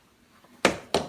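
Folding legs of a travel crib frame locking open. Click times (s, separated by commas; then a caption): 0.6 s, 0.9 s. The folding legs of a BabyBjörn Travel Crib Light (Silver, One Size) frame are flipped down and lock open into place. After a quiet lead-in, two sharp, loud snaps ring out at 0.6 s and 0.9 s, each with a short decaying tail. Both legs click securely into place.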